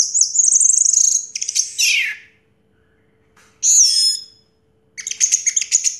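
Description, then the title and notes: Orange-headed thrush song: very high rapid trilling and a descending sweep, silence, a loud clear slurred whistle, then more fast high chatter. Song in the teler style, described as having a clear voice; a complete collection of this bird's sounds. "Anis Merah Teler Suara Jernih. kumpulan suara anis merah lengkap"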